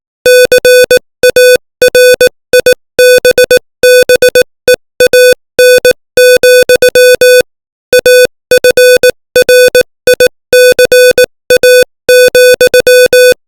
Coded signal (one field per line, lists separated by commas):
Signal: Morse code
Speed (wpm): 18 wpm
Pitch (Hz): 500 Hz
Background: music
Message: CARIBBEAN, AFRICA,